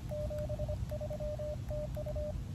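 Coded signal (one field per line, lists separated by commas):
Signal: Morse code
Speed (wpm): 25 wpm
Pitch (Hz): 600 Hz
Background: radio noise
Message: 73 TU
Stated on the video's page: Pedestrian-mobile QRP, 5 W, Elecraft KX2 with a 3 m whip on a backpack, including a summit-to-summit SOTA contact.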